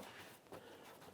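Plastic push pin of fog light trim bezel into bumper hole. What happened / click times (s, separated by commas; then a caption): The push pin is being handled but has not yet popped home / none. A plastic push pin under the fog light trim bezel of a 2010-2016 Cadillac SRX is handled at its hole in the bumper, with low, steady rustling and a brief soft knock around 0.5 s. Nothing has seated or clicked yet; the pin is not yet home when the clip ends.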